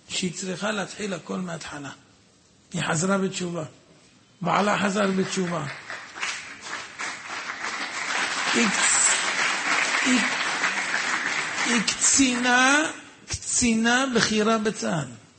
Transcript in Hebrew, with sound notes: שהיא צריכה להתחיל הכל מהתחלה היא חזרה בתשובה בעלה חזר [מחיאות כפיים] בתשובה היא קצינה קצינה בחירה בצד